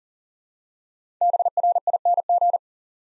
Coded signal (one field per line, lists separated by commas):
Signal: Morse code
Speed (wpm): 41 wpm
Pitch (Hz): 700 Hz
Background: none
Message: BRING